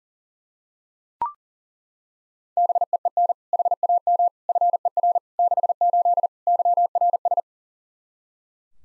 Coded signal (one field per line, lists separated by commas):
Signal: Morse code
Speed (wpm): 37 wpm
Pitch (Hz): 700 Hz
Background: none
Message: BEEN HAM FER 68 YRS